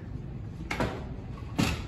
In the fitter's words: uh so you pull it out and you can hear it click